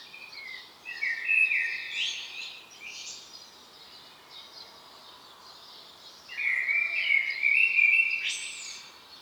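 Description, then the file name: Common blackbird gives a short warbled phrase, falls silent for several seconds, then sings a longer mellow phrase ending in a high squeak. "Turdus merula"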